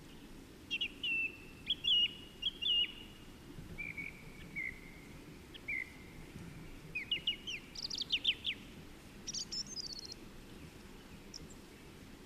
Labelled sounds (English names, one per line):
Song Thrush song